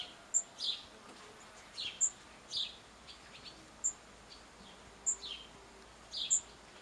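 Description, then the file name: House sparrow giving scattered sharp chirps with pauses between them, and high clicking sounds. "Passer domesticus"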